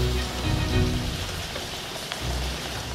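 Hail drums steadily on the rooftops of a mansion in a dense, hissing patter of countless tiny impacts, with a low rumbling undertone swelling at the start and end. No voices.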